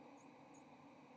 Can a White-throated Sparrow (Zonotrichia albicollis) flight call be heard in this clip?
no